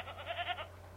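Goat bleating, one short wavering bleat of under a second, with a steady low hum throughout.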